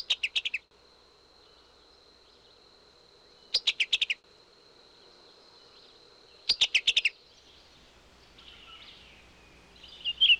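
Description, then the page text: Summer tanager calls: short bursts of four or five rapid, sharp clicking notes, repeated about every three seconds, over a faint high insect-like hum that stops after about seven seconds. "Summer Tanager. Quick Sounds"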